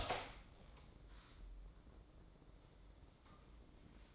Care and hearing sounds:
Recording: daily activity, microphone in the room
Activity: open door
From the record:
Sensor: 3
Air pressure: 1012.3 hPa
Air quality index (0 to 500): 179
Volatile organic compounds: 3 ppm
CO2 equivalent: 1369 ppm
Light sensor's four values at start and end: 533/1324/545/554 and 528/1313/541/549

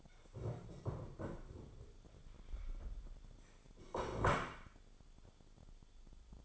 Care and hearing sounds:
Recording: daily activity, microphone in the room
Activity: stand up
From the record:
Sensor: 5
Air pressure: 1015.4 hPa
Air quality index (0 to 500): 172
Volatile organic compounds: 6 ppm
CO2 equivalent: 1868 ppm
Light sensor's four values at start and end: 37/84/34/33 and 37/84/34/33

